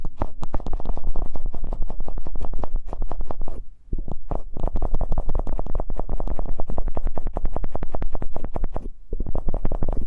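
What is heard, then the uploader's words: An ASMR eardrum massage made of fast, dense rubbing and scratching strokes that crackle in quick succession. The texture is heavy and low with a muffled rumble underneath. Brief pauses near four and nine seconds break the otherwise continuous rhythm. ASMR Intimate Eardrum Massage.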